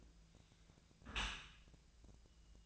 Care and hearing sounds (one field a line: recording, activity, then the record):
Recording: daily activity, microphone in the room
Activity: close dishwasher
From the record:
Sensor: 2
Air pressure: 1000.3 hPa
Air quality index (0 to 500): 163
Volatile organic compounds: 3 ppm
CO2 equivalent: 1350 ppm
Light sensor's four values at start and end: 11/31/12/14 and 11/31/12/14